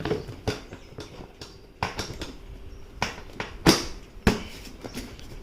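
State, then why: Seated. After refitting the side cladding, the rear pillion seat is put back on a Kawasaki Ninja 300 motorcycle and pressed down into its seat lock. Several knocks are heard as it is lowered, and the latch clicks into place at 4.3 s, locking the seat in.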